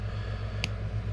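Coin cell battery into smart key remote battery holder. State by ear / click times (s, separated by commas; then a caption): seated / 0.6 s. A coin cell battery is pressed back into the battery holder of a 2017 Chevrolet Malibu 5-button smart key remote until its plastic retaining tabs latch at all four corners. A single sharp click is heard at 0.6 s over a steady low hum, and the battery is seated.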